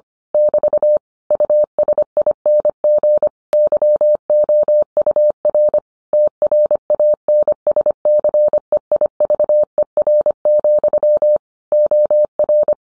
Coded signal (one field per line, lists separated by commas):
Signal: Morse code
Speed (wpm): 25 wpm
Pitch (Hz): 600 Hz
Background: none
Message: <BT> USING YOUR TRANSCEIVER, OR